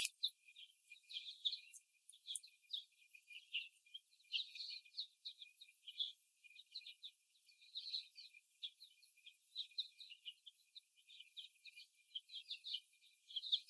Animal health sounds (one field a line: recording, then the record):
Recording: young laying hens in a cage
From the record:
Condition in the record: after the stressor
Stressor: simulated dog barking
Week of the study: 1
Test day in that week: 1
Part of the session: 3